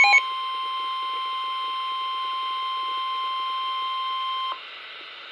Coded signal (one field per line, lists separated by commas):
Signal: Emergency Alert System (SAME) tones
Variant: 1050 Hz attention tone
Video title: Real EAS #527 - Severe Thunderstorm Warning